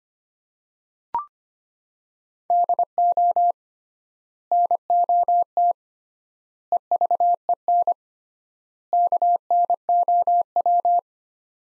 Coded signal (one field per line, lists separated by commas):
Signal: Morse code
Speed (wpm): 25 wpm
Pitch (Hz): 700 Hz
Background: none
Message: DO NOT EVEN KNOW